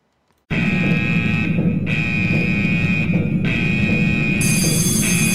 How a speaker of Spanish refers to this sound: Vamos a poner la alarma spoiler y vamos a entrar en el bloque de aún más spoilers.